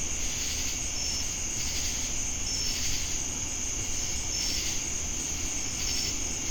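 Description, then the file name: Cricket: a shrill steady trill with a few brief chirps at regular intervals, over a swelling insect chorus and low background noise. Jamestown, North Carolina, USA, on August 10, 2018. "Crickets And Sacadas Jamestown NC August-10-2018"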